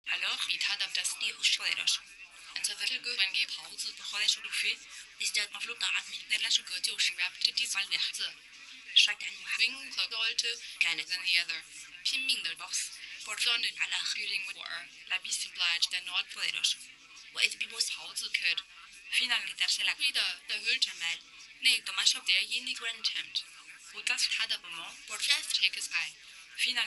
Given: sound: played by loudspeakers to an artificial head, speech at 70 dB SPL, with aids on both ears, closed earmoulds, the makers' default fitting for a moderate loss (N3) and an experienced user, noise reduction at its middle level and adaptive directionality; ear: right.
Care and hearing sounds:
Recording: speech test signal (ISTS) in cocktail-party noise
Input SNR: +9 dB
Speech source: in front (0 degrees)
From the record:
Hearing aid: class 2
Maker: H

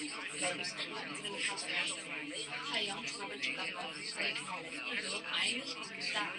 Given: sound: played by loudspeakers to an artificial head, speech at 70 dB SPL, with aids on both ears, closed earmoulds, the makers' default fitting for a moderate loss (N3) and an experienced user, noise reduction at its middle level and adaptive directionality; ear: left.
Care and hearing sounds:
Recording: speech test signal (ISTS) in cocktail-party noise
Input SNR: -3 dB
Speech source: on the right (90 degrees)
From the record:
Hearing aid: class 2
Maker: I

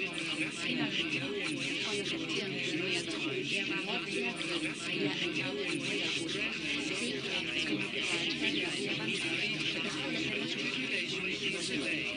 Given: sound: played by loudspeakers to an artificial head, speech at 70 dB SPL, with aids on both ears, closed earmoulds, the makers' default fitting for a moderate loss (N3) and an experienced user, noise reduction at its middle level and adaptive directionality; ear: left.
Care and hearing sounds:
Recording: speech test signal (ISTS) in cocktail-party noise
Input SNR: -6 dB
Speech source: on the right (90 degrees)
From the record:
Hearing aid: class 2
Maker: D

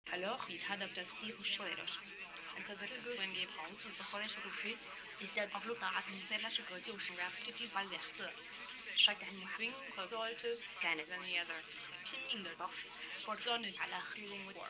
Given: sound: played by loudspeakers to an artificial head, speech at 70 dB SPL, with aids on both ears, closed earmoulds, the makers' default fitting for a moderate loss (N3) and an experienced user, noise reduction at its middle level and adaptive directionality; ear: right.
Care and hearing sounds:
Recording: speech test signal (ISTS) in cocktail-party noise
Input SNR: +3 dB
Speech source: on the right (90 degrees)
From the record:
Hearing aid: class 2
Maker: F

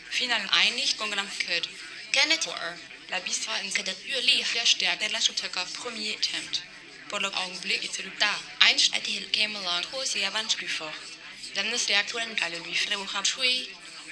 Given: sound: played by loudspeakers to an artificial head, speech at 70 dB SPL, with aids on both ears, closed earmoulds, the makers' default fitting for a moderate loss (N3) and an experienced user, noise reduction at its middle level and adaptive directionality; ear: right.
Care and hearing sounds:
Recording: speech test signal (ISTS) in cocktail-party noise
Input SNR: +6 dB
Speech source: in front (0 degrees)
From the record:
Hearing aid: class 1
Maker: B

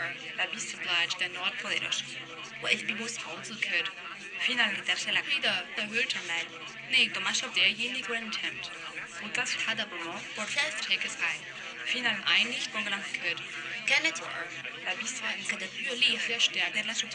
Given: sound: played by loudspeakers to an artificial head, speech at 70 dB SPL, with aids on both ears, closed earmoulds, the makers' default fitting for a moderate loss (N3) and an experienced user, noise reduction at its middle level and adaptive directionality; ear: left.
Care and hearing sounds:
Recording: speech test signal (ISTS) in cocktail-party noise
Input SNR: +3 dB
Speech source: in front (0 degrees)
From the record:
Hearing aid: class 2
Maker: G

